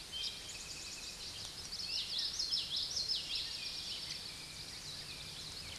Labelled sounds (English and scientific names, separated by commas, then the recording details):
Common Yellowthroat (Geothlypis trichas) song
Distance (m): 25 m
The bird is about 5 m above the microphone
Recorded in a Pennsylvania forest on 16 May 2024 at 06:37
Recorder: AudioMoth, point MSD-1418
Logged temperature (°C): 16.4 °C
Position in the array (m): 232 m, 176 m